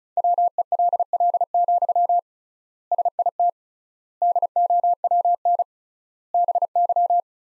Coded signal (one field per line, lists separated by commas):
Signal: Morse code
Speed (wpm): 34 wpm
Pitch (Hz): 700 Hz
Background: none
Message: WELL, SIT DOWN BY